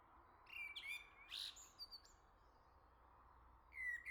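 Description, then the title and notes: Common blackbird giving a short fluted phrase with a high squeaky tail, then a pause before another phrase begins at the end. Singing close by on the morning summer arrived, La Jarrie, France; recorded with SD MixPre-6 II, MS MKH40/30 in Cinela PIA2. "Le Merle salue l'été, 3 Gd Rue de Chassagne, 17220 La Jarrie, France. Quel Sol!!!! pour saluer l'arrivée de l'été ce matin! Merci Jolie Merle de tes vocalises à proximité!"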